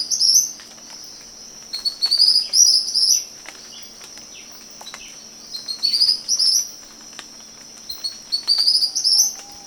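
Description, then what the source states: Tropical kingbird twittering: high, sharp chattering phrases in short bursts separated by pauses, with a constant shrill background tone throughout. Recorded 20 September 2011.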